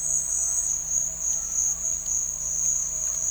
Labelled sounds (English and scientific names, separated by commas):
none